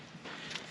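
The end of an aftermarket FENFabrication hotside intercooler charge pipe is pressed by hand into its coupling on the turbo hot side of a 2020+ Ford Explorer ST. A low, steady rustle runs under a single short knock at about 0.6 s. The pipe is pressed in but not fully seated yet.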